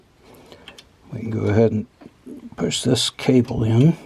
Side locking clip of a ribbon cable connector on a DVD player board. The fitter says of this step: nice snap sound that also snap down here